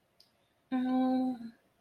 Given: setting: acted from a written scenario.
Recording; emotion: vocal sound without words; sympathy